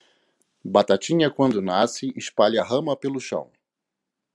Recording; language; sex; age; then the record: short text; Brazilian Portuguese; male; 50 to 59 years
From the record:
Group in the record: control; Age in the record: 52 years